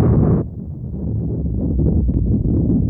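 A deep, heavy rumble of thunder rolls on for a few seconds, loud and low-pitched, with a brief shift in tone early on before the steady growl continues. No voices.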